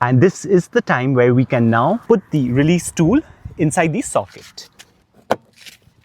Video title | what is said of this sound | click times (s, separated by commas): Why Every Parent Needs a 360° Rotating Car Seat - Evenflo Revolve360 Review, Unboxing & Installation | And there was a click sound and now we can take the car seat off from the base. | 5.3 s